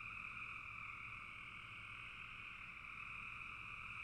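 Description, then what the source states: Frog chorus, a rapid pulsing trill of massed callers forming a continuous hum, with gentle low background noise. Recorded in a bog.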